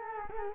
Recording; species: mosquito wingbeat signal from an infrared sensor; Culex quinquefasciatus